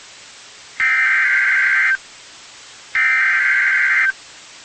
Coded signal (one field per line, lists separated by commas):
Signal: Emergency Alert System (SAME) tones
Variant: header bursts